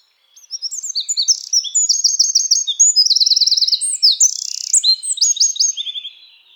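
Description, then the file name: Eurasian wren singing a loud, rapid, high-pitched outpouring of trills and sharp notes, including fast rattling runs, lasting about six seconds on a clean, quiet background. "Troglodytes troglodytes"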